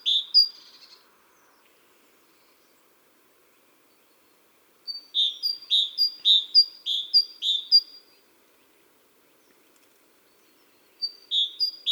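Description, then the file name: Great tit song in bursts: a short phrase at the start, a long run of about seven quick repeated two-note phrases mid-way, and another burst near the end. "Parus major"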